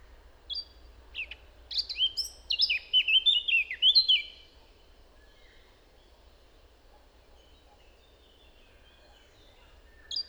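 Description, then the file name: Eurasian blackcap song: a few scattered notes building into a brief warbled phrase, followed by several seconds of quiet. "Sylvia atricapilla"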